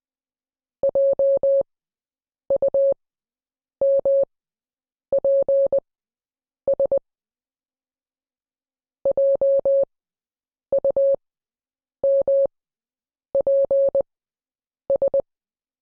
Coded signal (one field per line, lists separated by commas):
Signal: Morse code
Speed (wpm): 20 wpm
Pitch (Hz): 550 Hz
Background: none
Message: JUMPS JUMPS